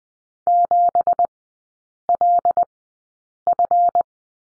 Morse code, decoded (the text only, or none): 7LF